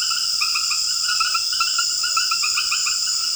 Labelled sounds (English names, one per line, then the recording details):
none
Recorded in secondary vegetation near Puerto Asís, Putumayo, Colombia, on 12 March 2025 at 21:30
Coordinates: 0.488, -76.319
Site G095